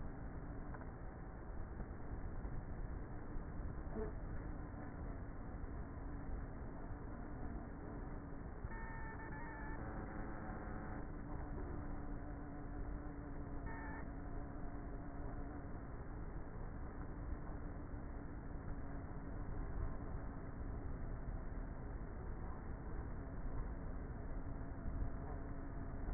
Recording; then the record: honeybee colony, microphone inside the hive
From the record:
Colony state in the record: queenless with a low population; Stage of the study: before two queens were removed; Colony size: about 30,000 bees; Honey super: no